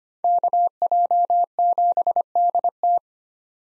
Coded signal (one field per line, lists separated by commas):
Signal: Morse code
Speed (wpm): 25 wpm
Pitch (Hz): 700 Hz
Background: none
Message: KJ7DT